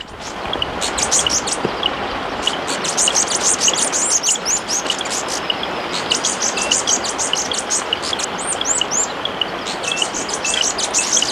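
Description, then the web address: Viridian metaltail calls: a dense stream of high, thin, quickly descending chips and twitters, overlapping almost continuously, with a few brief pauses. Subspecies atrigularis, recorded in Ecuador. "Natures Songs S America Birds of Ecuador. Viridian Metaltail (Atrigularis)"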